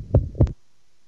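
Heart sounds of an adult through a stethoscope: two low-pitched beats with an irregular, abnormal rhythm, like the gallop of a horse. Cardiac arrhythmia: the heart has lost its normal rhythm, and an abnormal electrical phenomenon produces abnormal sounds.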